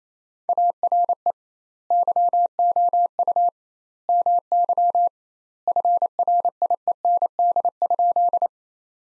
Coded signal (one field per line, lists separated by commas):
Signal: Morse code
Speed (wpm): 28 wpm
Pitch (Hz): 700 Hz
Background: none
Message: ARE YOU MY FRIEND?